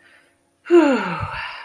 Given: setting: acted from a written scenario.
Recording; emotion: vocal sound without words; contentment